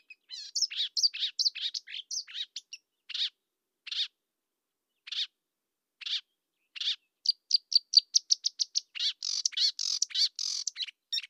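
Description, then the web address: Marsh warbler song: a varied run of rapid chattering and scratchy notes, pausing midway for a few spaced single notes, then bursting into a fast buzzy and trilled medley. Nominate subspecies palustris. "acrocephalus palustris palustris"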